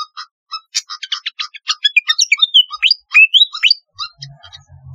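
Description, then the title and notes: Flycatcher song: a quick series of clear chirps leading into swooping, slurred whistles, ending with a few isolated notes over a faint low hum. "Kicau Burung Sikatan"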